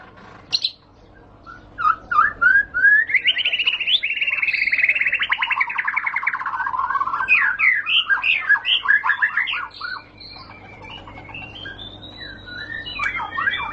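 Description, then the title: White-rumped shama song with a sharp opening note, a long buzzy trill sliding downward, then clear whistled phrases and rising slurred notes. High-class lure (pancingan) recording, much sought as master song for training caged birds. "Pancingan Murai Batu Berkelas Banyak Di Cari Buat Masteran"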